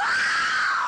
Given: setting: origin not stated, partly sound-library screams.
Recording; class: one-second piece from a danger detection set; woman in danger